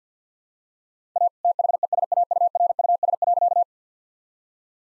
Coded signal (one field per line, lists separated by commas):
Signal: Morse code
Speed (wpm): 50 wpm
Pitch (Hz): 700 Hz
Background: none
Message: A THESAURUS.